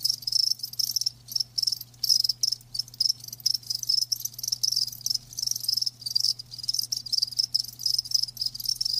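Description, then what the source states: Crickets giving high buzzing trills broken by short pauses, over a low steady hum. Live crickets chirping; a lulling song.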